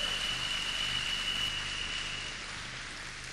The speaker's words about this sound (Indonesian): Hasil kerja daripada seseorang yang luar biasa. Sang Bapak, yaitu Bapak Dr. Muhammad Razi Saleh. Tepuk tangan untuk beliau.